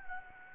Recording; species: mosquito wingbeat signal from an infrared sensor; Anopheles gambiae